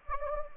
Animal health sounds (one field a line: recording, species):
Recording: mosquito wingbeat signal from an infrared sensor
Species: Anopheles gambiae